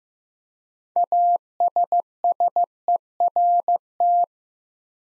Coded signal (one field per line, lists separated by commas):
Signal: Morse code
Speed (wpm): 15 wpm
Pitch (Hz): 700 Hz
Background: none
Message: ASSERT